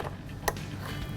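A plastic wiring harness connector on a 2015–2016 F-150 Starkey Raptor-style grille lighting kit is plugged back into its mating plug. One sharp, short click sounds at 0.5 s over a low background hum, and the connector is seated.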